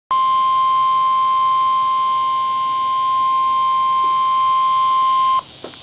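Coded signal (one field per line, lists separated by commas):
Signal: Emergency Alert System (SAME) tones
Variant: 1050 Hz attention tone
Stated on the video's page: Severe Thunderstorm Warning received on NOAA Weather Radio from a transmitter on 162.400 MHz in Baltimore, MD, for central Pennsylvania counties.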